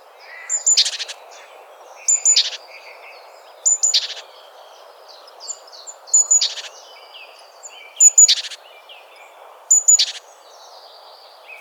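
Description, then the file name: Great tit repeating a piercing high note joined to scratchy buzzing chatter roughly every two seconds, with faint chirps and constant background noise. "Parus major"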